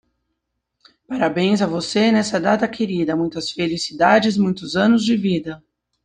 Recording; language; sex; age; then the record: short text; Brazilian Portuguese; female; 40 to 49 years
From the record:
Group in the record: control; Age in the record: 44 years